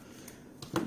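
A larger plastic bristle brush attachment is clipped onto a Shark Wandvac System cordless handheld vacuum. Faint plastic ticks come at 0.3 s and 0.6 s, then a louder, sharper click at 0.8 s as the brush seats in place.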